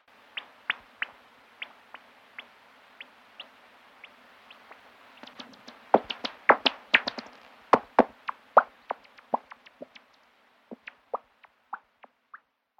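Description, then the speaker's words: Common noctule echolocation calls made audible as sharp clicks, spaced at first, crowding into a dense burst midway, then thinning to slow regular ticks. Ultrasonic echolocation used to orient at night and hunt prey. "Gerade hören wir die Rauhautfledermaus und nun die Laute des großen Abendseglers."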